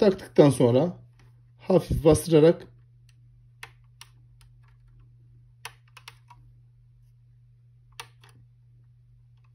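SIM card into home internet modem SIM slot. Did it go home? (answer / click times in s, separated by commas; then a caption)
no / none. Someone talks while a SIM card is slid into the SIM slot of a Superbox home internet modem, chip side facing the device, and pressed in gently. After the talking, a steady low hum continues under several short, sharp taps at about 3.6, 5.7, 6.1 and 8.0 seconds. The card has not seated or clicked yet.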